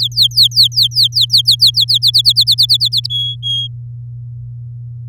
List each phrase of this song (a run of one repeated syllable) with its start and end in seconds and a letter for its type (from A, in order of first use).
0.00-1.98 A, 2.02-3.07 B, 3.10-3.67 C